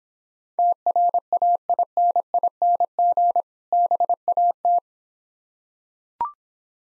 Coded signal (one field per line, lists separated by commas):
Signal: Morse code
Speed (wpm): 26 wpm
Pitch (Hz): 700 Hz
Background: none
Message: TRAINING BAT